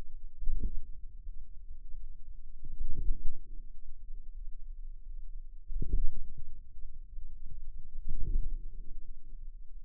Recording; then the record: forearm muscle sounds (acoustic myography)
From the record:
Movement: wrist flexion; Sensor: system 2, bracelet of six BSWA MPA416 microphones around the upper forearm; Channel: 5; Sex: female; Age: 23 years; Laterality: right